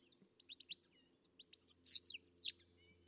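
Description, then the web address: Bird chirps, short high notes in a quick irregular series becoming louder and busier toward the end, with faint low hum. "Deverinetal. Bird Only"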